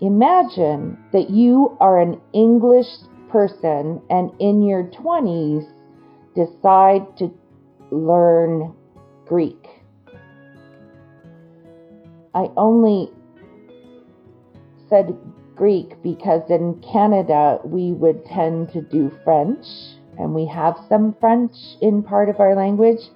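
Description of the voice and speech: A woman with aphasia after a stroke that injured the Broca region of her brain speaks slowly and haltingly. She breaks phrases with long mid-sentence pauses of up to two or three seconds, though her words come out clear and grammatical. Her speech is mildly non-fluent, choppy and hesitant.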